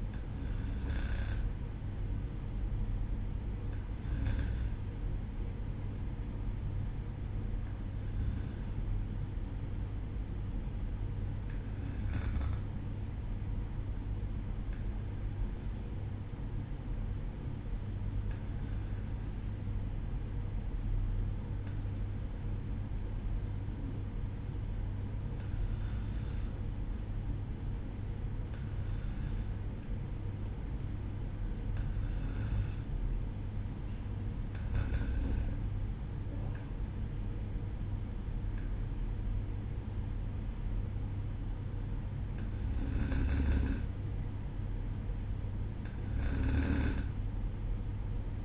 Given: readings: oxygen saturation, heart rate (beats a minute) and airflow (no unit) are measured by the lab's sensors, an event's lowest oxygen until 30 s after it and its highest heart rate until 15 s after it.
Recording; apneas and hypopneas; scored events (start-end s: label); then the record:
breathing in sleep by a smartphone at the bedside; 1
19.00-35.20 s: hypopnea (N1, oxygen 94% highest, then 93% lowest, heart rate 61 at the start, 63 highest)
From the record:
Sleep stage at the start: N1 (lightest sleep); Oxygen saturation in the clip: 93 to 94%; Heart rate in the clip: 61 to 63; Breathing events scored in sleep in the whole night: 305 in 9.6 hours asleep